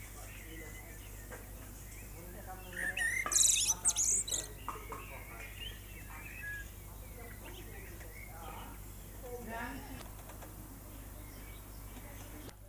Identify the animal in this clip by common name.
Common Blackbird